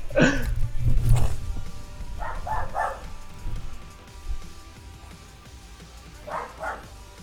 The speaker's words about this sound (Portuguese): agora o cachorro deu pra latir aqui. Ô, Costela!